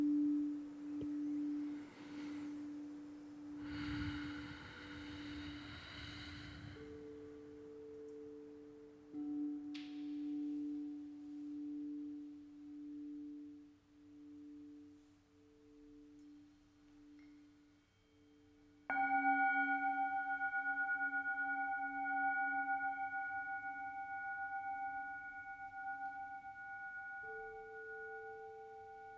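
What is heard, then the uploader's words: Long, steady ringing tones of a sound bath layer and overlap, with a brighter bowl struck near nineteen seconds and a soft rumble early on. Healing sound bath.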